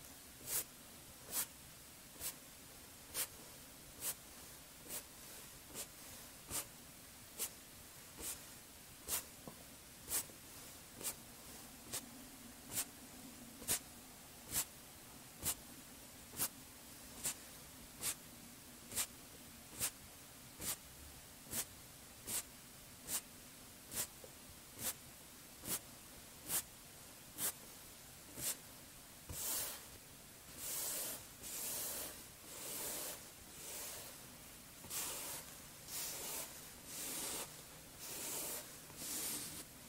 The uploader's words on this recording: ASMR Relaxing Massage (Cleansing, Face Touching, Body Mousse, Personal Attention, No Talking).